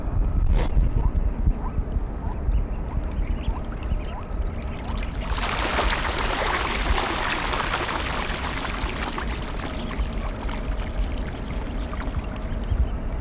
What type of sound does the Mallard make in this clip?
call